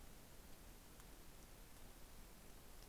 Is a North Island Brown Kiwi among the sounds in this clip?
no